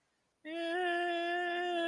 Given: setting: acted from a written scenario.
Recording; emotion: vocal sound without words; pain